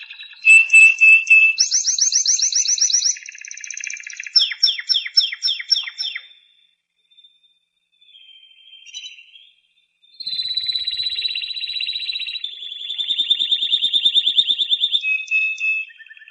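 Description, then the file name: Timbrado canary song of rolling, rattling trills and bubbling phrases, a louder burst early on, a long quiet pause, then long buzzy trills resuming toward the end. "Canto de canario timbrado"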